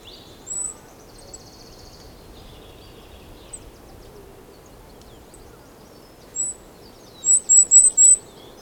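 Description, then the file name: Goldcrest song phrase near the end: four rapid, very high, thin notes after quiet stretches with a few scattered high chirps and softer warbling. Song; Europe. "Wintergoldhaehnchen Gesang Voegel in Europa"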